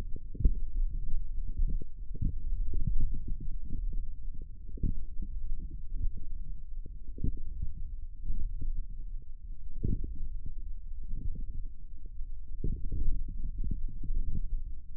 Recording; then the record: forearm muscle sounds (acoustic myography)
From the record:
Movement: forearm pronation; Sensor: system 1, eight BSWA MPA416 microphones around the upper forearm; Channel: 8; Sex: male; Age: 18 years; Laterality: right